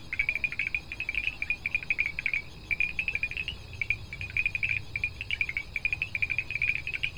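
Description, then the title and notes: Montevideo tree frogs calling in a steady chorus of short, rapid, pulsed notes, repeated several times a second, over a low background rumble. Predominant species at night along Arroyo Sandú, Tacuarembó, Uruguay, in a rapidly urbanising area, recorded 18 August 2021 around 20:00; identified by Dr. Raúl Maneyro. "Cerca de los ríos. Tren Inmobiliario 18_8_2021. Ana Cecilia Rodríguez (Mapa sonoro de Uruguay). Tacuarembó. Se consultó al Dr. Raúl Maneyro, quien identificó en esta grabación predominantemente Boana pulchella , “ranita de zarzal”"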